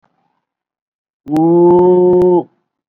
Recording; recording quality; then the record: sustained vowel as in boot; excellent, no background noise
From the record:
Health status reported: COVID-19 positive, moderate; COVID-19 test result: positive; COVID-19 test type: RT-PCR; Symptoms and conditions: cough, cold, fever, fatigue, muscle pain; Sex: male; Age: 41 years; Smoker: no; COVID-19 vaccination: one dose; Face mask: worn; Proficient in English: yes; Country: India